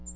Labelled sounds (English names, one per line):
American Redstart flight call